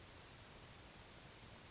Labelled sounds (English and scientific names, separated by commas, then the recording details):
California Towhee (Melozone crissalis)
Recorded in Sonoma County, California